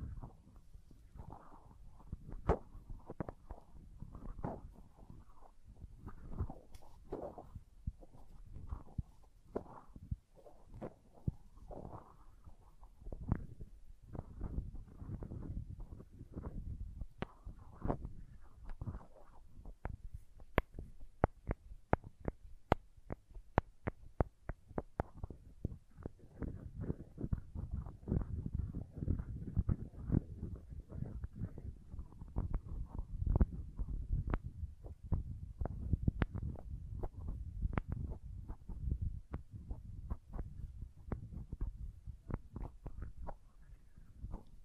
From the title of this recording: Slime Sounds Crayon Sounds + Tapping